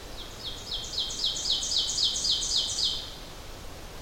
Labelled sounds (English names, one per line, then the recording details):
Ovenbird song
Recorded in boreal forest in Alberta, Canada, on 12 June 2016 at 07:15
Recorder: SongMeter 3, array SBT-3-18
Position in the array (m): 60 m, 315 m
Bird 32